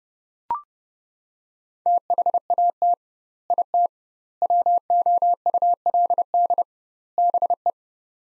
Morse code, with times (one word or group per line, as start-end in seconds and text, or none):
1.9-2.9 THAT
3.5-3.9 IT
4.4-6.6 WOULD
7.2-7.7 BE